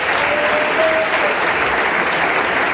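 A steady burst of loud applause, dense clapping from many hands filling the whole stretch without a break, with no voices standing out above it.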